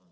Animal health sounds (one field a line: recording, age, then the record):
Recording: pig call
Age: piglet (1 to 25 days)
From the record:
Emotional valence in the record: positive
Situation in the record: short reunion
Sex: male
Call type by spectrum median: low-frequency call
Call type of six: low-frequency stable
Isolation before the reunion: 3 minutes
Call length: 0.11 s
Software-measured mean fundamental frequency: 45 Hz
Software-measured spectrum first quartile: 182 Hz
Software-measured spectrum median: 415 Hz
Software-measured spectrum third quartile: 1648 Hz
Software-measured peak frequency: 179 Hz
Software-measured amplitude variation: 35 dB a second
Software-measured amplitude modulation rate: 4.5 a second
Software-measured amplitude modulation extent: 7.9 dB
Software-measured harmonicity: 4.8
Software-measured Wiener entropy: -1.45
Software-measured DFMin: 935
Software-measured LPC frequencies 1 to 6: 1138, 3463, 5139, 5976, 6774, 7871 Hz